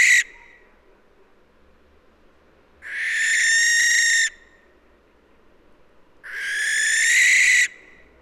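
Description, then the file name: Western barn owl with the tail of one screech, then two more long, breathy, rasping screeches about three and a half seconds apart. "Western Barn Owl Tyto alba"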